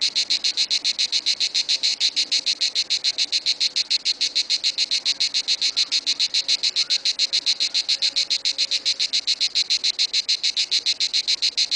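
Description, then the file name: Cicada song: a loud, steady, high-pitched buzzing, rapidly pulsed and continuing without a break throughout. "CHANT DES CIGALES"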